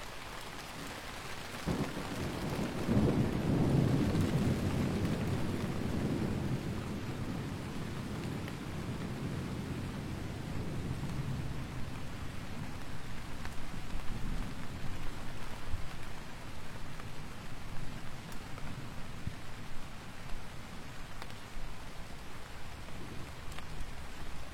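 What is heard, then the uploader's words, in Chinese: A wild typhoon thunderstorm with steady, dense rain throughout. Around the second second a deep thunder roll swells in, peaking near four seconds and slowly rumbling away by about eight, with fainter low rumbles returning around fifteen seconds beneath the constant hiss. 台风带来的狂野雷暴。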